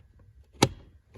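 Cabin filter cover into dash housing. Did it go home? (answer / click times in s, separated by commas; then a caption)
yes / 0.6 s. A cabin filter access cover on a Scion xB has its tab put in and is pushed slowly into the dash housing, giving one sharp click at 0.6 s against a quiet background. The cover seats in with that click.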